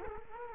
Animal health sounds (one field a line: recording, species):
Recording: mosquito wingbeat signal from an infrared sensor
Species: Culex quinquefasciatus